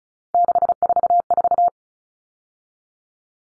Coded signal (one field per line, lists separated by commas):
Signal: Morse code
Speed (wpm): 34 wpm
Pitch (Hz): 700 Hz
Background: none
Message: 644